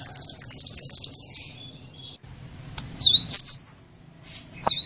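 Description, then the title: Sunbird song: a quick high warbled trill, a pause, then a squeaky phrase, a click and the start of another phrase. In full song (gacor), with phrases copied from the cililin and the canary. "Kolibri gacor isian cililin dan kenari"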